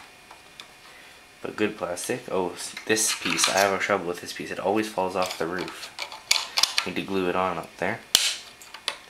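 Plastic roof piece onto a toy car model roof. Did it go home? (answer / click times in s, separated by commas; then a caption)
yes / 8.9 s. A loose plastic roof piece is refitted onto a die-cast DeLorean model car, a piece that always falls off the roof. Someone talks while handling it, with small plastic taps and clatters around 6.0–6.6 s. The piece snaps into place with a sharp click at 8.9 s.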